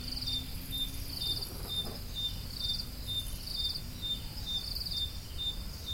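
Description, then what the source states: Crickets giving regular high chirps, with a separate cricket's short pulsed bursts about every second; a brief soft rustle early on, low rumble throughout. Crickets, more than one, recorded at Roodekopjes.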